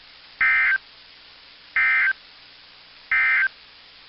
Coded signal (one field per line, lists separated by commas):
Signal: Emergency Alert System (SAME) tones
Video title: EAS 1733-1737 (4/30/22)